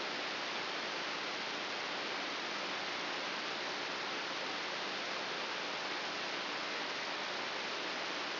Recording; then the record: brain microelectrode recording played as sound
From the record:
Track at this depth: inside the subthalamic nucleus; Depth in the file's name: 3.801 mm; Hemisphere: right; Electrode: 3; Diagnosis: Parkinson's disease